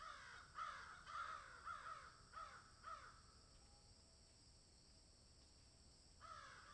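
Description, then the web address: Crows cawing, a string of harsh caws for three seconds, then quiet hiss, and one last caw at the end. Crows cawing in a field. "Debarup Travel Films - Crows Caw in Field"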